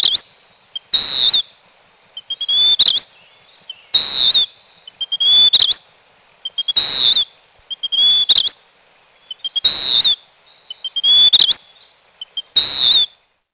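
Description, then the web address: Western wood pewee song: high, thin phrases repeated about every one and a half seconds, alternating a short rising note with a burry, down-slurred whistle. North America. "Peterson North American Birds"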